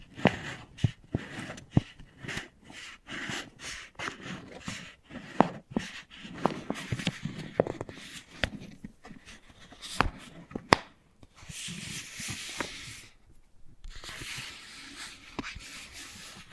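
Wooden balls knock and tap in quick, irregular clicks, sharp bright hits scattered densely through the first ten seconds with softer rustling between. After about eleven seconds the taps give way to a steady rolling hiss, broken by a brief pause near thirteen seconds.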